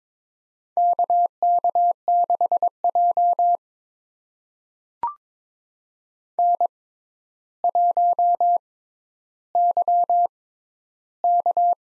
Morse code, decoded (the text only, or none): KK6J N1YK